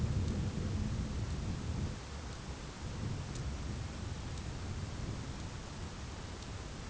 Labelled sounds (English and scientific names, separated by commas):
none